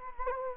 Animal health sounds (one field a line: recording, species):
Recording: mosquito wingbeat signal from an infrared sensor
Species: Anopheles gambiae